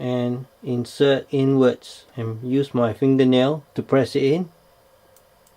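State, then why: Seated. A microSD card is pushed into the card slot of a VIOFO A229 Ultra dashcam with a fingernail, with its electrical contacts facing toward the person and the camera powered off. Someone talks, then two faint clicks at 5.2 s and 5.5 s mark the card seating in place.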